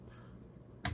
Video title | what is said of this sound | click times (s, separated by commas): Kydex Holsters - Things to look for and avoid | and it snaps into place it snaps into place | 0.8 s